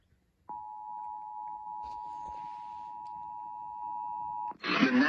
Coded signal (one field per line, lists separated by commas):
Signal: Emergency Alert System (SAME) tones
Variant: 853 and 960 Hz attention tone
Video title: Tornado Warning EAS #431